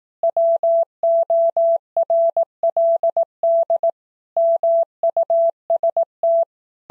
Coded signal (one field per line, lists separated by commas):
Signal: Morse code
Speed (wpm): 18 wpm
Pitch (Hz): 670 Hz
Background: none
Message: WORLD MUST